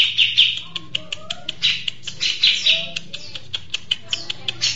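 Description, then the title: Mixed birds chirping busily, bright tweets and sharp clicks clustered high in short bursts, over a faint low hum. "Burung Campur2"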